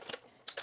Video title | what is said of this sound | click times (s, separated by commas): This Budget Lighting Hack Will Change Your Home's Look | You can hear it snap and lock. | 0.5 s